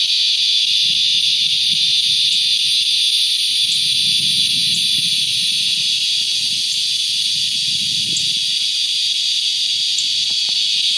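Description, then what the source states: Cicada song: a steady, loud, high-pitched buzzing drone that continues without a break, with faint low rumbling underneath. Recorded in Florida.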